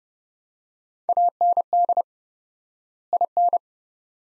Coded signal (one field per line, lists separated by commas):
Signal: Morse code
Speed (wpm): 30 wpm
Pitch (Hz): 700 Hz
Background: none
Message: AND IN